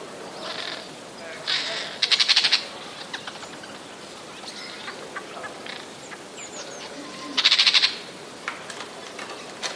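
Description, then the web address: Eurasian jay giving rasping, buzzy screeches: a few early on and another about five seconds later, with short clicks and chirps from other birds. 27 January 2013. "wroblowe ostrzegator sojka 27 01 2013"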